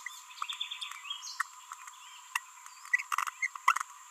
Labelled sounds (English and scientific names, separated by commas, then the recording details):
Green-rumped Parrotlet (Forpus passerinus) babbling
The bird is a female
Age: 30 days
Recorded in a nest box in Venezuela
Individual 17B42B1